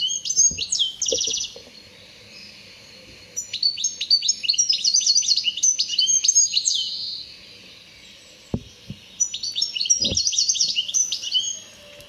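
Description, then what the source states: European goldfinch song: bursts of quick, jingling twitters and trills in three phrases separated by pauses, with a few sharp knocks. Played-back recording; a cheerful little goldfinch whose song has striking variation and is recognisably a finch's.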